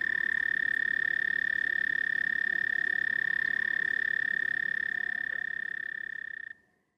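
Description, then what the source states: American toad singing a sustained, even-pitched trill for about six and a half seconds before it stops, leaving near silence. Males emerge in April at the ponds of the National Conservation Training Center, hopping out of the woods to claim a spot at the water's edge and trilling to attract mates.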